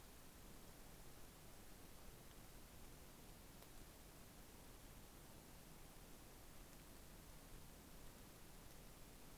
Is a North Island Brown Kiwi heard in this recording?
no